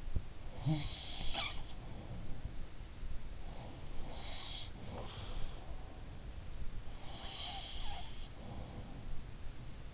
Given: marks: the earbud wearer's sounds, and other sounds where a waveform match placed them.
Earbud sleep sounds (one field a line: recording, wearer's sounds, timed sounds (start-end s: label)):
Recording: sounds in sleep by an in-ear microphone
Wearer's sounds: teeth grinding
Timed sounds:
0.00-0.33 s: teeth grinding
0.34-2.65 s: sound from someone else or the room
3.31-5.72 s: sound from someone else or the room
6.88-9.16 s: sound from someone else or the room